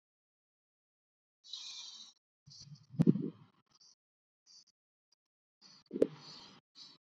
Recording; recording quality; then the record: shallow breathing; excellent, no background noise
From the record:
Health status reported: exposed to COVID-19, no respiratory illness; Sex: male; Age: 24 years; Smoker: no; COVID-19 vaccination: both doses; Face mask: worn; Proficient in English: yes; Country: India